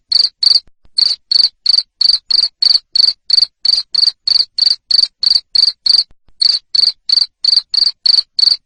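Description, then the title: Cricket chirping in rapid, regular bursts, high and rasping, about three per second with a couple of short breaks. Loud cricket chirping (ngerik) to stimulate lovebirds into continuous singing (ngekek). "Suara JANGKRIK NGERIK Keras Bikin LOVEBIRD Jadi NGEKEK Terus Vubey"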